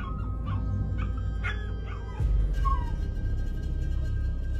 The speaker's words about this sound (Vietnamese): Thậm chí những con chó ở hai bên đường như cảm nhận một sự gì đó, chúng nó cụp đuôi cứ ăn ẳng lên.